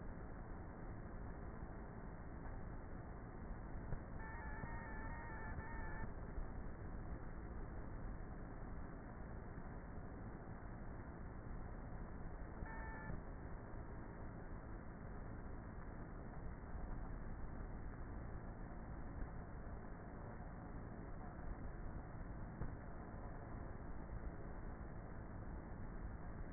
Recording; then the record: honeybee colony, microphone inside the hive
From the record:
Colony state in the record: queenless with a low population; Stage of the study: before two queens were removed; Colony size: about 30,000 bees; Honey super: no